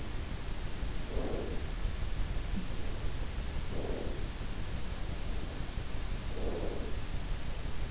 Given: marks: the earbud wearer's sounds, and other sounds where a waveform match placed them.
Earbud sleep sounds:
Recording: sounds in sleep by an in-ear microphone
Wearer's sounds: breath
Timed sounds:
0.68-2.24 s: breath
3.42-4.57 s: breath
6.12-7.27 s: breath

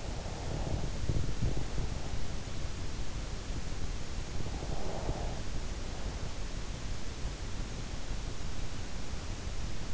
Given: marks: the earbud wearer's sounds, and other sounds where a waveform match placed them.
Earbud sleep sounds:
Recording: sounds in sleep by an in-ear microphone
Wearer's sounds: breath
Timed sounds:
0.00-2.27 s: breath
4.28-6.62 s: breath

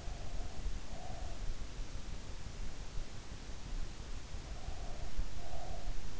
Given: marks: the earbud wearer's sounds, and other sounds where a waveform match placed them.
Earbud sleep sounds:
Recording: sounds in sleep by an in-ear microphone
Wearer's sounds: breath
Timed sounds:
0.02-1.44 s: breath
4.54-6.16 s: breath

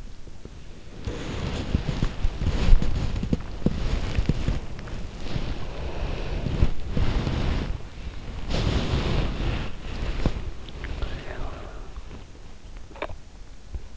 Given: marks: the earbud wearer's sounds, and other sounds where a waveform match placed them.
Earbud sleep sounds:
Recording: sounds in sleep by an in-ear microphone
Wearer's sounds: body movement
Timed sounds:
0.00-13.97 s: body movement

